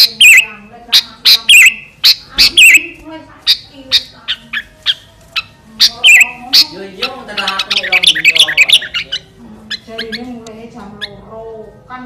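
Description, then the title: Sooty-headed bulbul uttering loud, separate chirps at a steady pace, then a busy chattering jumble of notes that fades into softer calls. "Kutilang"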